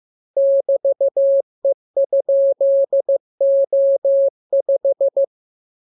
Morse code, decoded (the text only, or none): <BT>E?O5